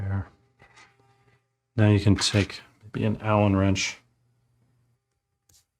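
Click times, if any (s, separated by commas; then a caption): 5.5 s. Someone talks while the spring and magazine release detent are pressed with an Allen wrench onto the plunger inside the magazine release of a TANDEMKROSS pistol lower for a Ruger Mark IV 22/45. After a quiet stretch, a short, faint, sharp click sounds at 5.5 s as the detent seats into the plunger, meaning the two parts have come together.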